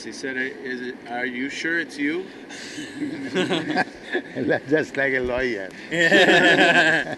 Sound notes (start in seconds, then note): 2.5 laughs; 5.8 laughter